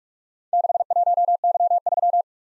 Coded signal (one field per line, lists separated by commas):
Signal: Morse code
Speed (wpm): 44 wpm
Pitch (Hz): 700 Hz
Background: none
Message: 61Y3